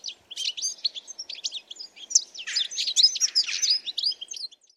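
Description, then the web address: Bird giving quick high chirps and twitters, several notes a second, building into a denser burst of overlapping calls before fading out. "cianscape. Deverinetal 2025. Bird Only"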